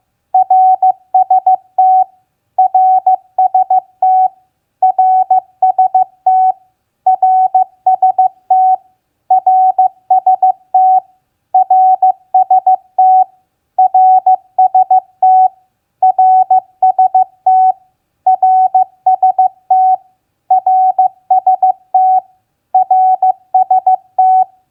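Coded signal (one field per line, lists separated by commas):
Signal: Morse code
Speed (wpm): 15 wpm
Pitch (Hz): 750 Hz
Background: none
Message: RST RST RST RST RST RST RST RST RST RST RST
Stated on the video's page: Morse practice of common QSO elements (name, RST, QTH) at 15 wpm.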